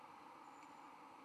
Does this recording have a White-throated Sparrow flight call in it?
no